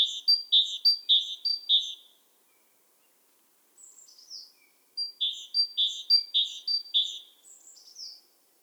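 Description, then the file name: Great tit song: ringing two-note phrases repeated several times per burst, with a brief softer phrase between the two bursts. "Parus major"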